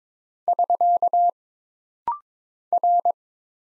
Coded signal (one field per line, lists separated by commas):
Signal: Morse code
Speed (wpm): 22 wpm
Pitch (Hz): 700 Hz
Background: none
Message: <SK> R